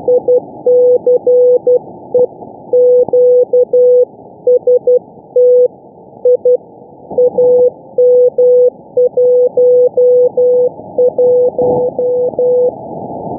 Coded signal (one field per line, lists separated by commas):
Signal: Morse code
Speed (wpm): 12 wpm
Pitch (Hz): 500 Hz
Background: none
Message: ICE QST I AM 11